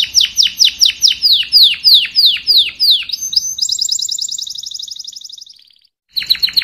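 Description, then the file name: Domestic canary song starting with loud repeated downward-sweeping notes, slowing then giving way to a fast high trill that fades, before a new phrase begins. "Tieng chim hoang yen hot"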